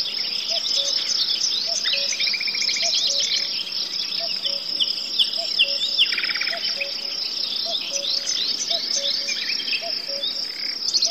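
Forest birds, cuckoo and crickets: a cuckoo calls its low two-note cu-ckoo about once a second over constant high cricket trilling, with other birds twittering and giving short buzzy rattles.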